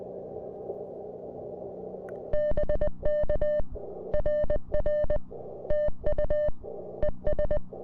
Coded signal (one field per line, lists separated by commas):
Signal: Morse code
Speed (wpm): 20 wpm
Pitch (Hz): 1800 Hz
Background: none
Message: BK RR TU ES